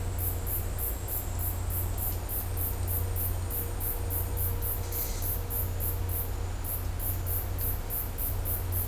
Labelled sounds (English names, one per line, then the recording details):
none
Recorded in dense forest near Puerto Asís, Putumayo, Colombia, on 22 December 2024 at 13:30
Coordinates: 0.503, -76.323
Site G043